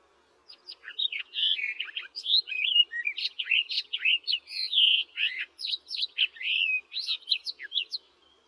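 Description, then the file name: Barred warbler song: a hurried, scratchy warble of varied chattering and whistled notes, delivered steadily for about seven seconds. "barredw nisoria"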